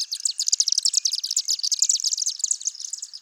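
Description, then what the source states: Swift calls: a dense, continuous chatter of high, shrill twittering notes, rapid and overlapping throughout. Most highly adapted for flight; feet too weak to perch; fly rapidly and efficiently with great maneuverability and can fly straight up to exit chimneys and tree cavities where they nest.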